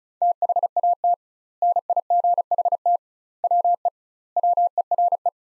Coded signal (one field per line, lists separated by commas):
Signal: Morse code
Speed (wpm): 34 wpm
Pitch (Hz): 700 Hz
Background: none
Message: THAT NIGHT WE WERE